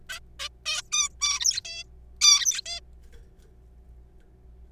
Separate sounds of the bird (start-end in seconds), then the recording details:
0.09-0.19, 0.40-0.49, 0.66-0.82, 0.92-1.08, 1.21-1.61, 1.65-1.83, 2.21-2.61, 2.66-2.81. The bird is a juvenile. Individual R3428